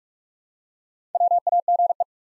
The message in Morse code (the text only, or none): WAGE